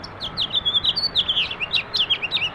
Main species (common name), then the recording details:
House Finch. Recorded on Long Island, New York, on 18 April 2012. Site GC. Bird A